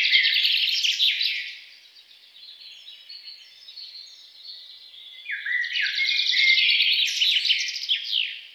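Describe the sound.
Songbird song: a loud opening burst of quick trills, a softer stretch of thin notes, then another rich, rattling flurry.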